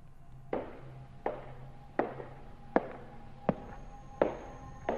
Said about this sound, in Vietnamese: Tiếng bước chân đầu tiên là đi từ xa, sau đó là vọng lại gần, dường như là cứ đi đi lại lại ở trong hành lang. Trong đêm vắng, tiếng bước chân vang lên rõ lắm.